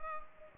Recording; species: mosquito wingbeat signal from an infrared sensor; Culex pipiens